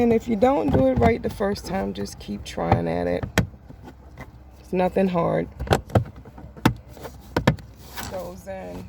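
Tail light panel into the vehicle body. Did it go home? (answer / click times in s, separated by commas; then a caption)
yes / 6.7 s, 7.5 s. Someone talks while the plastic tail light panel of a 2015 Buick Encore, removed for a passenger-side brake light replacement, is pushed back into the car body. Sharp clicks are heard at about 6.7 s and 7.5 s, and the panel locks into place.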